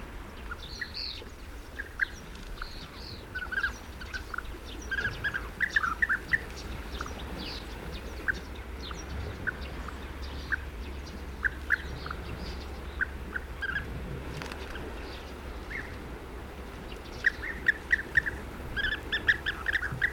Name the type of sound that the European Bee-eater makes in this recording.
call